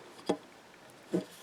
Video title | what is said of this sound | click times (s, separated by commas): SunBox PRODUCTION VERSION E8 MOONRAKER DNA 40 Review & Nano Moonraker Comparison | you'll hear the little click locked make sure that Cable's back in there and there's your tank | 0.3 s